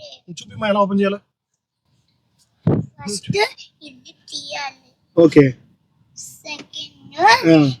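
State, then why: Released. A child works the interior door lock of a car door from inside to show how to open the car when locked in. A sharp click is heard at 2.7 s as the lock releases, and someone talks before and after it.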